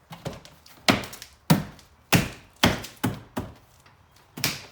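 The door trim panel of a 1992-2000 Mitsubishi Montero (Gen 2/2.5) is pressed in by hand around its edge after a door lock actuator replacement, so its plastic retaining clips snap into the metal door frame. Loud thunks and snaps are heard at 0.9, 1.5, 2.6, 3.0 and 4.4 seconds, with smaller knocks between. The clips seat and the panel is locked in.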